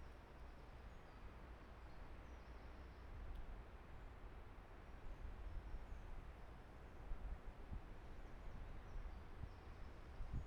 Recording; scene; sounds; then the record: everyday scene through a hearing-aid microphone; wind on the microphone; gentle breeze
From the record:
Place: parking lot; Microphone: behind the ear, right, rear